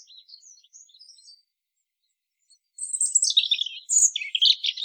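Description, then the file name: European robin with soft high twitters, a brief silence, then a loud run of rapid, scratchy high warbling. "Erithacus rubecula"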